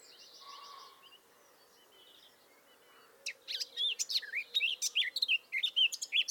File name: Sylvia atricapilla